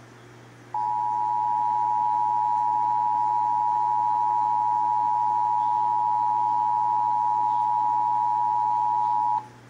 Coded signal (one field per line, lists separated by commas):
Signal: Emergency Alert System (SAME) tones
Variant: 853 and 960 Hz attention tone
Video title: (EAS #231-234) August 2022 Texas Required Monthly Test